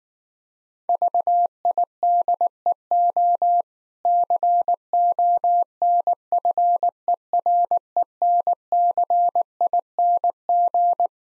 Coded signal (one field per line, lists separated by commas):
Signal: Morse code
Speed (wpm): 19 wpm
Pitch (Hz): 700 Hz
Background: none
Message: VIDEO CONFERENCING